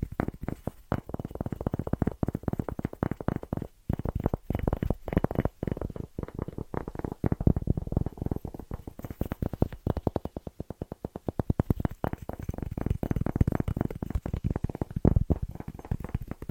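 Fast, rhythmic tapping in dense bursts of dull, low knocks, pausing briefly near four and ten seconds before speeding up again.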